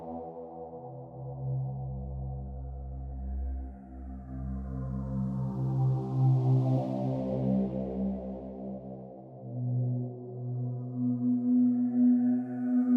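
Tibetan meditation drone made of low, sustained tones that hum and slowly waver, with a deep bass layer fading out around nine seconds. A soft airy shimmer swells near the middle, and a brighter ringing tone rises toward the end.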